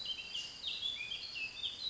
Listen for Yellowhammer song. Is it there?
no